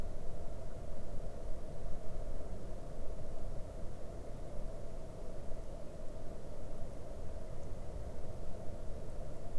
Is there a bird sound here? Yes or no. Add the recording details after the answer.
no. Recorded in the Arctic National Wildlife Refuge, Alaska, on 22 May 2019 at 01:00. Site 41